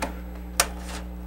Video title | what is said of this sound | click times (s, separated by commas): Paulie's pc Hour | And again, it should make some satisfying clicks, | 0.0 s, 0.6 s